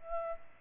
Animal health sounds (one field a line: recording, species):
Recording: mosquito wingbeat signal from an infrared sensor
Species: Aedes aegypti